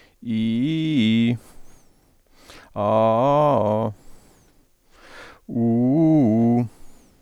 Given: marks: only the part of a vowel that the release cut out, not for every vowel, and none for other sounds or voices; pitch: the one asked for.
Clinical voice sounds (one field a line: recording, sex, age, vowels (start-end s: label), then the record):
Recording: sustained vowels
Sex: male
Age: 40 to 49 years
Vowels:
0.35-1.27 s: vowel /i/, low-high-low pitch
2.85-3.80 s: vowel /a/, low-high-low pitch
5.61-6.55 s: vowel /u/, low-high-low pitch
From the record:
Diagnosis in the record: stuttering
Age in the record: 47 years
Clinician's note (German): Keine funktionelle Dysphonie